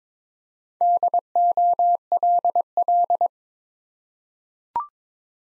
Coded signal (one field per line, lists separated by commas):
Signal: Morse code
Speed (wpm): 22 wpm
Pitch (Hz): 700 Hz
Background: none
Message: DOLL